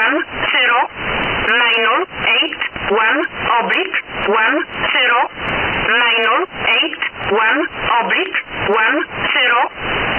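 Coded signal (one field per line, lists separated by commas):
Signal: numbers station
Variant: E11a (Oblique)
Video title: Numbers Station E11a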